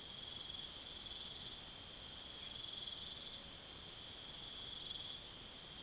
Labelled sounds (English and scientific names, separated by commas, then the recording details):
none
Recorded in secondary vegetation near Puerto Asís, Putumayo, Colombia, on 24 June 2025 at 02:30
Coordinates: 0.489, -76.322
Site G021